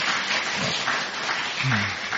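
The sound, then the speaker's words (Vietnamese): An assembly at a teacher's Dharma talk claps steadily in a dense, continuous wash of applause, with a faint voice briefly rising underneath near the end. “Xin đại chúng một tràng pháo tay tùy.”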